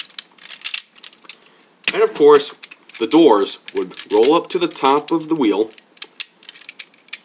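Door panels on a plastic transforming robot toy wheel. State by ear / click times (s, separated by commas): seated / 7.1 s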